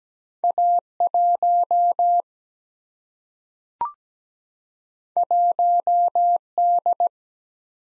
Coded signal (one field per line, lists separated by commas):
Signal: Morse code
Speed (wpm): 17 wpm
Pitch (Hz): 700 Hz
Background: none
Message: A 1 1 D